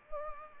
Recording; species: mosquito wingbeat signal from an infrared sensor; Culex pipiens